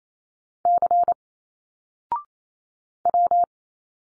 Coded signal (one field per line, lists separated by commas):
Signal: Morse code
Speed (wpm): 28 wpm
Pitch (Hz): 700 Hz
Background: none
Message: C W